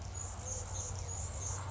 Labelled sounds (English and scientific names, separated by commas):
Anna's Hummingbird (Calypte anna)